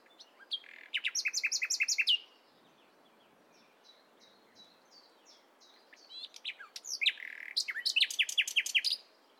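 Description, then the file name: Common nightingale song in two bursts of fast, varied chirping notes, with soft scattered notes in the quiet gap between them. "Luscinia megarhynchos"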